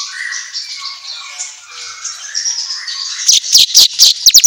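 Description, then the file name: Weaver song: a soft, rambling warble turning into a series of sharp, bright chips at the end. Auto gacor recording for training songbirds. "Suara Kicau Manyar Kepala Emas Auto Gacor"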